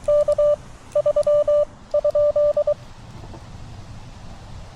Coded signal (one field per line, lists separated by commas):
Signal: Morse code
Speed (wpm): 23 wpm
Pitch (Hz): 590 Hz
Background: none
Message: K 3 ?